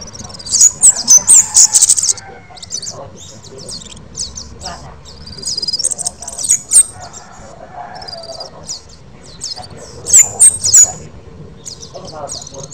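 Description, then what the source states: Black-winged starling song: loud squeaky bursts at the start and again later, softer scratchy chattering between, low background rumble. Bird singing actively and continuously (gacor).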